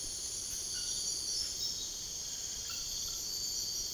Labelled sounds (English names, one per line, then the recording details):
none
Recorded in secondary vegetation near Puerto Asís, Putumayo, Colombia, on 13 March 2025 at 04:00
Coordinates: 0.488, -76.319
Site G095